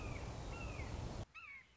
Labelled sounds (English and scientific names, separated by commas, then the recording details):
Red-shouldered Hawk (Buteo lineatus)
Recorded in Sonoma County, California